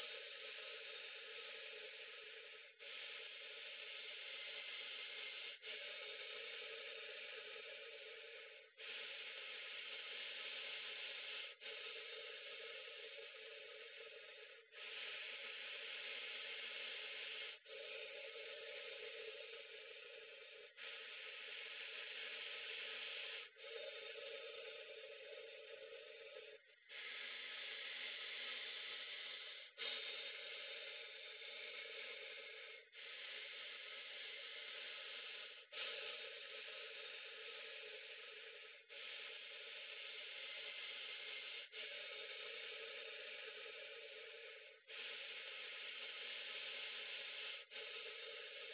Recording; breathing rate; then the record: paced breathing near a phone; 10 breaths a minute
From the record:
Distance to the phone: 40 cm